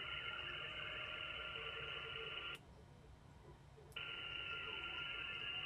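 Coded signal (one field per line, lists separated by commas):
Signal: HF data modem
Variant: VARA HF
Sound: dense, even hiss-like data roar across the voice band, pausing about 1.5 seconds, then resuming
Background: radio static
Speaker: now it's a little rough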